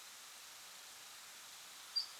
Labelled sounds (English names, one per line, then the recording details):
Ortolan Bunting
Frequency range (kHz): Ortolan Bunting 4.1-5.6 kHz
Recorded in France